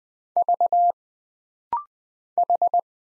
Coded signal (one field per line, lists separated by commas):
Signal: Morse code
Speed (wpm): 20 wpm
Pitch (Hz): 700 Hz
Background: none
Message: V H